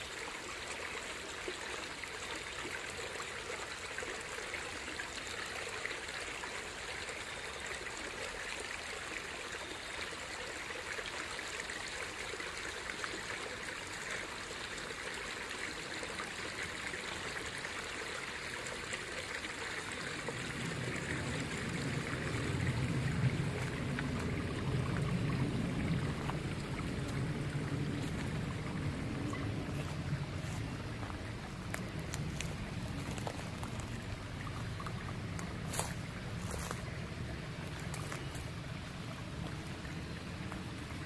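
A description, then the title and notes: On a fall nature walk, water trickles and streams steadily throughout. Around twenty seconds a low rumble rises underneath and stays, growing slightly louder midway, while brief crisp clicks and rustles appear in the last third. Nature Walkabout in Fall.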